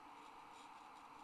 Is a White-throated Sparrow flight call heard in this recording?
no